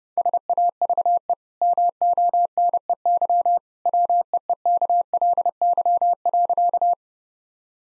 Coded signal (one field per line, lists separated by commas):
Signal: Morse code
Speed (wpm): 30 wpm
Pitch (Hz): 700 Hz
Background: none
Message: SAVE MONEY WEEKLY.